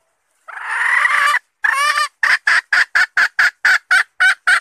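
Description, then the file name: Red junglefowl hen cackling: a long harsh drawn-out note, then a second rasping note, followed by a quick run of short loud clucks about four per second. Female (hen) red junglefowl calling to find a mate. "tieng ga rung mai keu tim kiem ban tinh"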